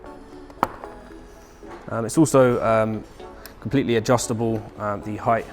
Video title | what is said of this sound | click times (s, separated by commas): Solar P1 / P1 Pro Seat Installation | so the seat won't go up or down the seat locks in place as well like | 0.6 s